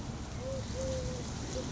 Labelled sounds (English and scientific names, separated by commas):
Eurasian Collared Dove (Streptopelia decaocto)